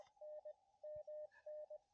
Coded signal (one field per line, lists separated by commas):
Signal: Morse code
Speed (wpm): 25 wpm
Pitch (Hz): 600 Hz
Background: none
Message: N MN